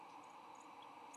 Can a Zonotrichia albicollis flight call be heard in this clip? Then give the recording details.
no. No flight call is heard. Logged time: 11:24 on 8 November 2014